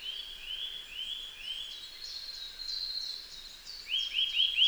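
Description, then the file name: Eurasian nuthatch calls, a series of clear rising whistled notes repeated about twice a second, with higher chattering notes above and a louder run near the end. "Sitta europaea"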